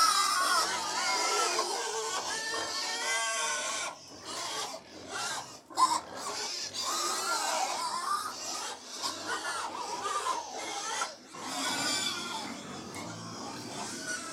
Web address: The BBC Sound Effects Library - Complete 60 CDs Collection Livestock 100 Pigs Feeding